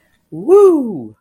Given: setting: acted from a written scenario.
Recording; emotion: vocal sound without words; triumph